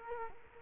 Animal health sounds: mosquito wingbeat signal from an infrared sensor; Culex quinquefasciatus

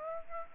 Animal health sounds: mosquito wingbeat signal from an infrared sensor; Aedes aegypti

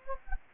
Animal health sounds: mosquito wingbeat signal from an infrared sensor; Anopheles gambiae

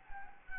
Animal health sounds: mosquito wingbeat signal from an infrared sensor; Anopheles gambiae

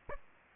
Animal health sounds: mosquito wingbeat signal from an infrared sensor; Aedes aegypti

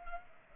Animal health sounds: mosquito wingbeat signal from an infrared sensor; Culex pipiens

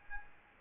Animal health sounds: mosquito wingbeat signal from an infrared sensor; Aedes albopictus

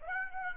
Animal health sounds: mosquito wingbeat signal from an infrared sensor; Aedes aegypti

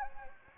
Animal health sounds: mosquito wingbeat signal from an infrared sensor; Anopheles gambiae

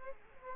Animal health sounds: mosquito wingbeat signal from an infrared sensor; Aedes aegypti

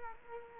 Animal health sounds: mosquito wingbeat signal from an infrared sensor; Culex quinquefasciatus

